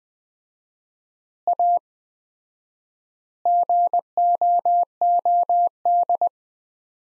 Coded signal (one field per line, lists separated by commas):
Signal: Morse code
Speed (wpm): 21 wpm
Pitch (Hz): 700 Hz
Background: none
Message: A GOOD